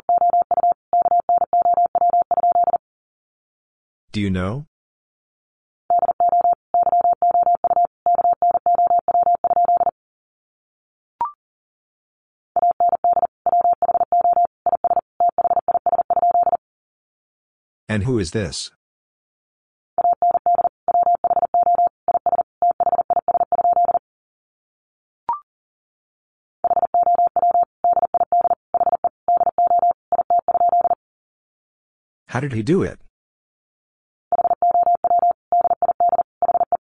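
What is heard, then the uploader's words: Morse code tapped out as a steady mid-pitched tone in rapid on-off dots and dashes, grouped into bursts of several seconds with short pauses between. Three times, roughly every fourteen seconds, a brief sweeping, chirping sound cuts in during a gap, and faint single blips appear between some groups. First, the words are sent in Morse code. 40wpm.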